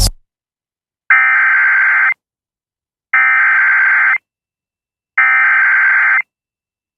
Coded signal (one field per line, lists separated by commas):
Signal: Emergency Alert System (SAME) tones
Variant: header bursts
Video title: EAS Tornado Warning WJON EAS#254